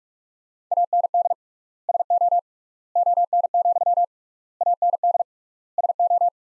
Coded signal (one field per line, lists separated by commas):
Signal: Morse code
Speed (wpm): 47 wpm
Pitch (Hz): 700 Hz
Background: none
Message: AND SO ON, AND SO